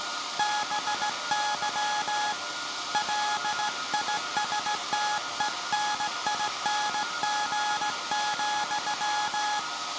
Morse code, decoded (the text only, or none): BY LISTENING,